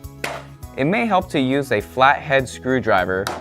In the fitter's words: now just rotate the front of it down until you hear it click into place